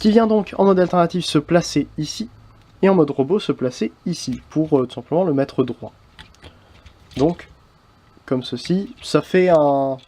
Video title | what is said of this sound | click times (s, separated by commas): (FR) Siege MEGATRON review (Transformers) | soyez d'instruction ça nous dit que ça devrait éclipser mais en fait non ça ne se clipse pas du tout voilà | none